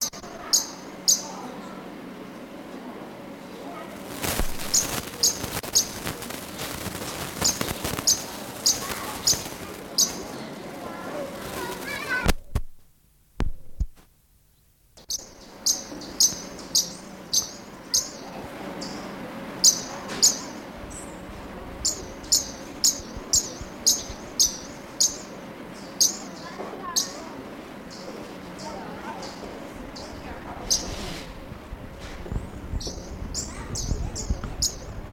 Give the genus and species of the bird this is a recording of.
Colibri coruscans